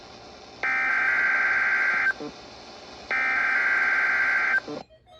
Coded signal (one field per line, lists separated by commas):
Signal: Emergency Alert System (SAME) tones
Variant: header bursts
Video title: (EAS #403) KMKX Required Weekly Test